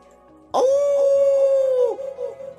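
wolf howling

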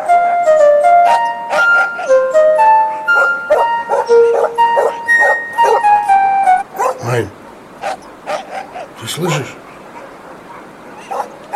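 dogs barking agitatedly

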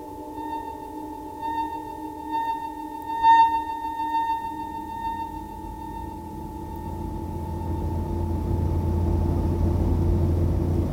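car driving

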